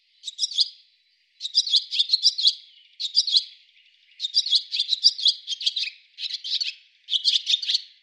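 Bird chattering in quick clusters of sharp, high twittering notes, several bursts with short gaps between them.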